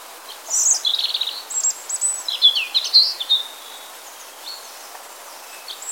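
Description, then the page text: European robin song: a few seconds of high, thin, varied warbled phrases with quick sliding whistles and trills, then quiet. Singing and chirping. "European Robin Singing Chirping Rødstrupe. knut the bird nerd"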